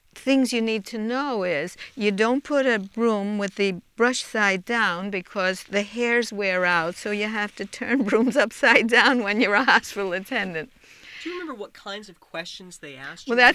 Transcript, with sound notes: things you need to know is you don't put a broom with the brush side down because the hairs wears out. So you have to turn brooms (she laughs) upside down when you're a hospital attendant.
Do you remember what kinds of questions they asked you on this...?